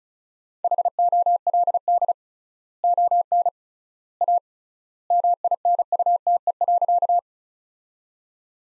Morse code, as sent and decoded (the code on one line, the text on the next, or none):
.... --- .-.. -.. / --- -. / .- / -- .. -. ..- - . .-.-.-
HOLD ON A MINUTE.